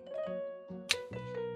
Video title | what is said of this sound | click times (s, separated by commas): Paw Patrol SNOWBOARD Action Pack Pups in Hero Pup Series | can you guys see that or hear that she kind of Clicks in | 0.9 s